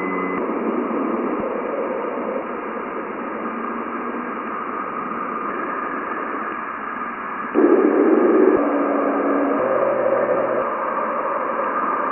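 Plasma sounds at Jupiter: a dense, steady hiss with a muffled, dull top, threaded with faint sustained tones that come and go. Near the middle it grows louder and a cluster of warbling mid tones breaks in, followed by a brief low hum.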